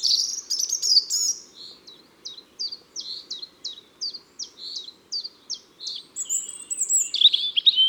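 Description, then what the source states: European robin song with a run of about a dozen short, evenly spaced high notes, ending in a thin whistle and a warbled flourish. Ardèche, France.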